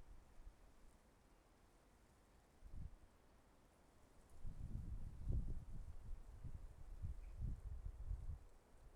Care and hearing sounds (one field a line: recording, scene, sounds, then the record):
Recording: everyday scene through a hearing-aid microphone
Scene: wind on the microphone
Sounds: wind, traffic, birds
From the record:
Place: suburban garden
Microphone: behind the ear, left, rear